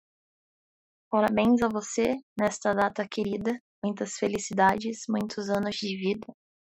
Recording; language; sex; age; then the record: short text; Brazilian Portuguese; female; 20 to 29 years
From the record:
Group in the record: control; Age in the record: 24 years